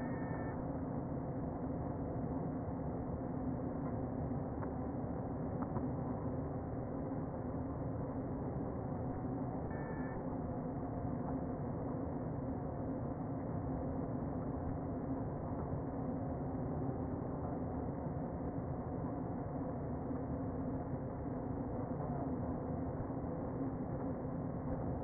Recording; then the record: honeybee colony, microphone inside the hive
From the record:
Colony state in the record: queen present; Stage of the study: before two queens were removed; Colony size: about 60,000 bees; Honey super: yes